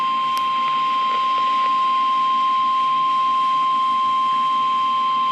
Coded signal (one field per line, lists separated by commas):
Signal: Emergency Alert System (SAME) tones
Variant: 1050 Hz attention tone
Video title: NOAA Weather Radio EAS #200: Severe Thunderstorm Warning